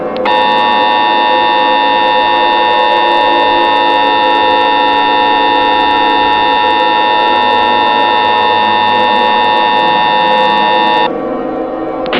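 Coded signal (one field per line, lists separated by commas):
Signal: Emergency Alert System (SAME) tones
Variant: 853 and 960 Hz attention tone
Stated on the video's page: Simulated EAS alert, a remastered mock scenario.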